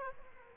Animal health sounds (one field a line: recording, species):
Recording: mosquito wingbeat signal from an infrared sensor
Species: Aedes aegypti